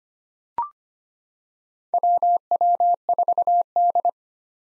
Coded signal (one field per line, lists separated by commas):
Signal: Morse code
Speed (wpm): 25 wpm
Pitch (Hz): 700 Hz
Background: none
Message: WW4D